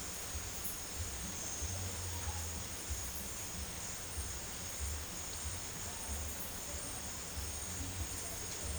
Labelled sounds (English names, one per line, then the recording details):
none
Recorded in dense forest near Puerto Asís, Putumayo, Colombia, on 22 December 2024 at 17:30
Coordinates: 0.484, -76.325
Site G056